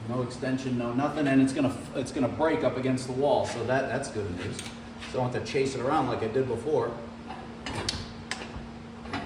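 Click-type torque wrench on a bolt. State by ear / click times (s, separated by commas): not seated / none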